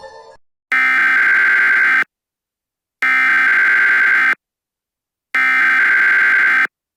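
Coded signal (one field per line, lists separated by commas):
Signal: Emergency Alert System (SAME) tones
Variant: header bursts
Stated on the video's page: Fictional EAS scenario made for entertainment.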